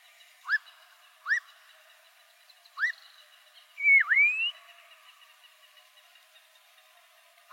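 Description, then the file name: Black-crowned monjita song: three short rising whistles spaced apart, then a louder V-shaped whistle dropping and sweeping upward, and a final upslurred note. "Canto da noivinha coroada"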